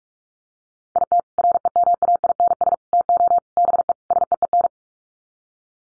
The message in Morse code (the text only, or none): IT REMAINS TO BE SEEN